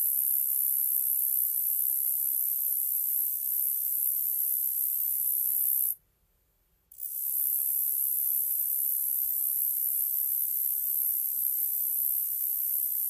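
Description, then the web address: Roesel's katydid producing a continuous shrill, hissing buzz, interrupted once by a pause of about a second, then resuming just as steadily. North America. "Songs of Insects. Roesels Katydid"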